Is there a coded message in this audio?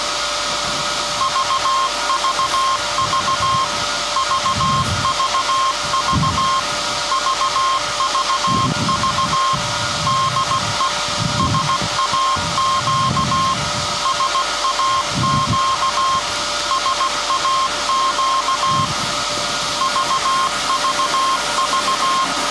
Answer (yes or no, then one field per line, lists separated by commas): yes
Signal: Morse code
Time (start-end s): 1.2-22.2 s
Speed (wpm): 16 wpm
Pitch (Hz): 1060 Hz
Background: none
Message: VVV VVV VVV DE SAQ SAQ SAQ VVV